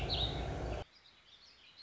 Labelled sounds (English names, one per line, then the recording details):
Warbling Vireo
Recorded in Sonoma County, California